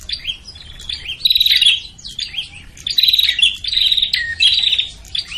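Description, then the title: Prinia calls: buzzy trills and quick sliding chips in busy bursts. Busy, noisy prinia calling used as a lure to attract prinias, including the red-headed prinia and visiting (tamu) prinias. "Suara Prenjak Ribut Buat Pikat Burung Prenjak Kepala Merah Prenjak Tamu"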